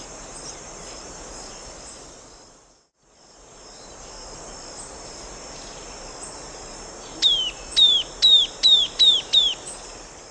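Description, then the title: Bird song: seven seconds of hiss, then six clear, high, downslurred whistled notes in a quick, even series, roughly two per second. "LuckyPassaro Completos2Sama"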